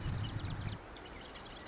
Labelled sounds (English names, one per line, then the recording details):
Marsh Wren
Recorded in Sonoma County, California